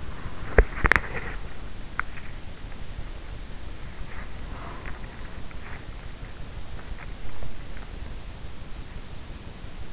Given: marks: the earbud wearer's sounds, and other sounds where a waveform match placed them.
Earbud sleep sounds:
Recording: sounds in sleep by an in-ear microphone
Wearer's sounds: body movement, breath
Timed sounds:
0.00-8.68 s: body movement
4.26-5.74 s: breath

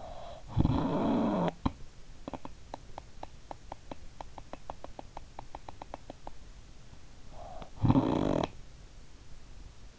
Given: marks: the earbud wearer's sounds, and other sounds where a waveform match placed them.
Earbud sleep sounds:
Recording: sounds in sleep by an in-ear microphone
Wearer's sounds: snoring breath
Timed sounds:
0.00-6.53 s: snoring breath
7.30-8.91 s: snoring breath

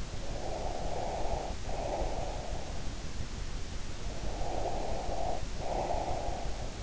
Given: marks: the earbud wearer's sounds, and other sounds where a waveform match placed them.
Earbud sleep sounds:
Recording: sounds in sleep by an in-ear microphone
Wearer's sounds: breath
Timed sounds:
0.05-2.87 s: breath
4.01-6.83 s: breath

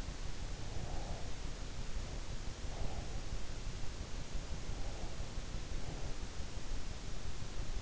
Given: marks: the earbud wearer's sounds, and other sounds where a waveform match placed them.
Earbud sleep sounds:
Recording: sounds in sleep by an in-ear microphone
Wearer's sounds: breath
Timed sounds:
0.17-2.32 s: breath
2.58-4.37 s: breath
4.69-6.35 s: breath

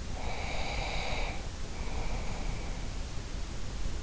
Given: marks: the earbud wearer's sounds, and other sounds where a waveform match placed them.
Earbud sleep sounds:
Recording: sounds in sleep by an in-ear microphone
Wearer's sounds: breath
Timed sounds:
0.09-3.27 s: breath

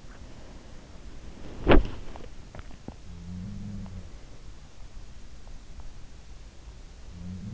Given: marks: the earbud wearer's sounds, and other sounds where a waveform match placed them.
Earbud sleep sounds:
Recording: sounds in sleep by an in-ear microphone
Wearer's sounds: body movement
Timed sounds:
1.34-3.00 s: body movement
3.24-4.27 s: sound from someone else or the room

